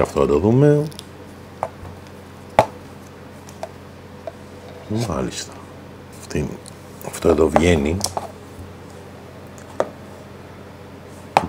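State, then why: Seated. Someone talks while handling the power cable connector and the plastic cradle of a motorcycle GPS mount, with a few small taps and knocks along the way. At 11.4 s a sharp, loud click is heard as the wiring connector snaps into the cradle and seats.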